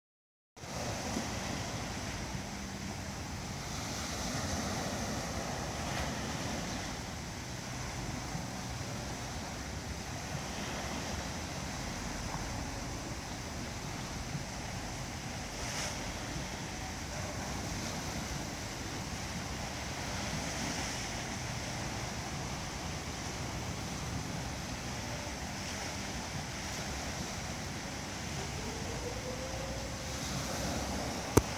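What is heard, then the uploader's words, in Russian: The sea gives a steady, dense wash of rushing water with low rumble underneath, swelling gently every few seconds without sharp breaks. Море.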